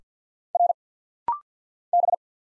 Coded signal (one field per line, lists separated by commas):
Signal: Morse code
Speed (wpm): 50 wpm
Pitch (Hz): 700 Hz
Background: none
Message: R B